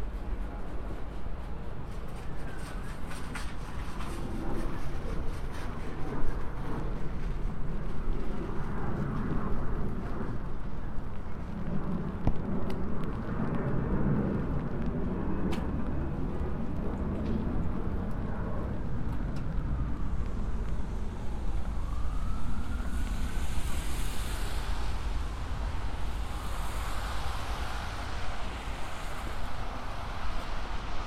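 A binaural field recording of a trip across the city by MTA transit, dominated by a dense, steady low rumble of a moving vehicle. Muffled voices and clatter drift through the middle, and around twenty seconds a rising whine and soft hissing bursts appear.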